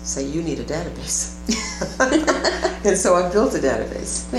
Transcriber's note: laughter